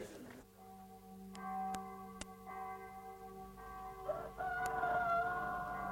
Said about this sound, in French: Le chant du coq. Toujours vaillant, celui-là. Oui, à courir après les poules.